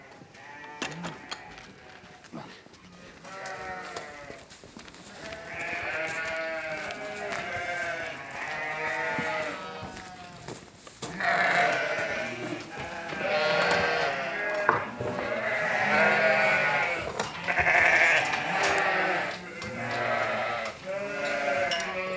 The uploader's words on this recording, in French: Concert du soir : l'attente du grain. Lorsque les brebis mettent bas, les éleveurs agrémentent leur repas du soir de grains. Elles expriment tout à la fois leur joie, leur gourmandise et leur impatience dans un concert mémorable, chaque soir renouvelé !